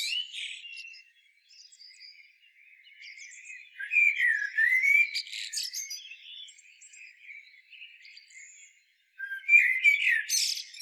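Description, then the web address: Common blackbird song: soft high notes, then a slurred fluty phrase with squeaky twitters, a quieter spell, and another phrase beginning near the end. "SETE data Turdus merula"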